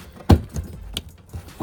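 The last small connector on the in-tank low-pressure fuel pump assembly of a Hyundai Elantra N / Kona N is pushed home. Loud, sharp clicks are heard at 0.3 and 0.97 seconds, with fainter knocks around them. The connector is seated.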